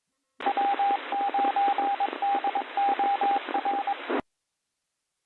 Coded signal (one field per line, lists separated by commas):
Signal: Morse code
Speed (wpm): 23 wpm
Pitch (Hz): 800 Hz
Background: radio noise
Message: W9DOR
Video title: ARRL NEWS ON THE W9DOR REPEATER, STURGEON BAY AMATURE RADIO 12 13 2023 08 40 07